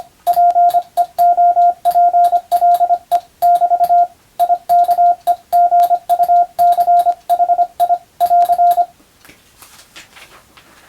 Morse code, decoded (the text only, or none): PEOPLE <BT> IKEGUCHI <AR>